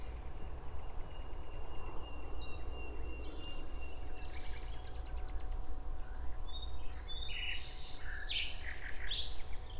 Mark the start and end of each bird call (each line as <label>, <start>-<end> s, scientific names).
Luscinia megarhynchos, 0.17-5.55 s
Cettia cetti, 2.37-2.48 s
Cettia cetti, 3.21-3.59 s
Cettia cetti, 4.21-4.91 s
Luscinia megarhynchos, 6.45-9.79 s